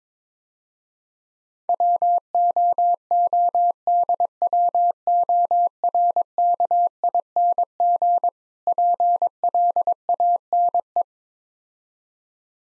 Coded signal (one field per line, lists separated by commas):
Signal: Morse code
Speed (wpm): 22 wpm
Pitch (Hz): 700 Hz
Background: none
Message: WOODWORKING PLANE